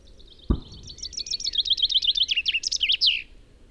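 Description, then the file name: Common chaffinch song of rapid, falling repeated notes that end in an emphatic flourish, opening with a single low thump just before the phrase. "Fringilla coelebs"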